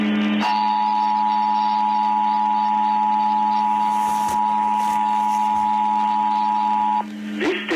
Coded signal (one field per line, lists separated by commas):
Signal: Emergency Alert System (SAME) tones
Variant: 853 and 960 Hz attention tone